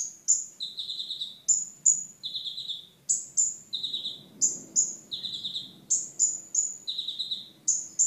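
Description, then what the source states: Sunbird sings rapid, shrill, high chips, each piercing note dropping into a lower buzzy twitter, repeated in quick succession. Mountain sunbird, described as a champion songbird.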